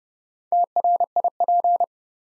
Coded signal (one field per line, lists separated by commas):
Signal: Morse code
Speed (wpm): 30 wpm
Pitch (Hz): 700 Hz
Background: none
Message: TRIP